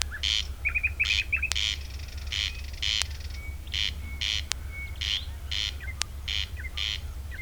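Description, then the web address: Corn crake giving harsh, rasping doubled crex notes in a steady repeated rhythm, with short whistled notes from other birds, regular sharp clicks and a low constant hum. Recorded on 3 June 2016. "fagelljud 20160603 kornknarr"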